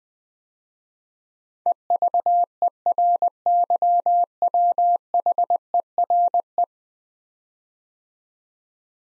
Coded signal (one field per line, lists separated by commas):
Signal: Morse code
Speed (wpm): 20 wpm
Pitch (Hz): 700 Hz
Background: none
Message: EVERYWHERE